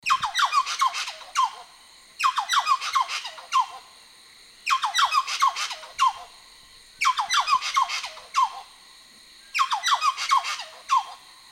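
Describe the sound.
White-naped friarbird calls in several harsh, squawking bursts of descending notes, repeated at short intervals.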